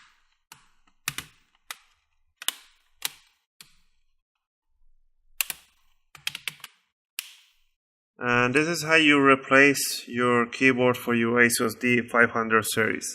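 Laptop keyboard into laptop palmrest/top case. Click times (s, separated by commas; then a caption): 1.1 s, 2.5 s, 3.0 s, 5.4 s, 6.3 s, 6.5 s. A replacement keyboard for an ASUS D553SA-series laptop is pressed down corner by corner along its edges so its plastic retaining clips snap into the laptop's palmrest top case. Sharp clicks sound at 1.1, 2.5, 3.1, 5.4, 6.3 and 6.5 seconds, and the keyboard is seated. After about 8 seconds someone talks.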